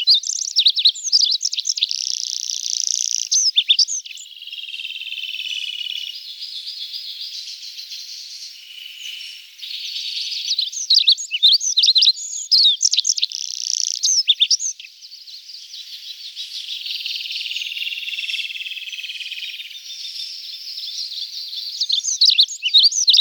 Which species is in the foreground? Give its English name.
Olive-backed Pipit